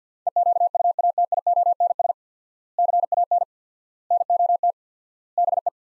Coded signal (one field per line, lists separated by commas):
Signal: Morse code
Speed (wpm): 45 wpm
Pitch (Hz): 700 Hz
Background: none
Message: EQUATIONS CAN NOT BE